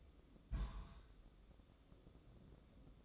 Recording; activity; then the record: daily activity, microphone in the room; place on stove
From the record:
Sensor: 3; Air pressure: 995.4 hPa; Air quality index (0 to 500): 85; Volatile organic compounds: 8 ppm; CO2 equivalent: 2057 ppm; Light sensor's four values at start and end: 25/79/33/28 and 25/79/33/28